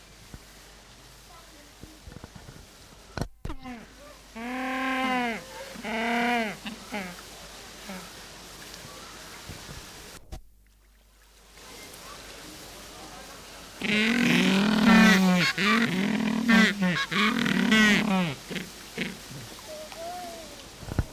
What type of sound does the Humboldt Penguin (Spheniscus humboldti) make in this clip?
call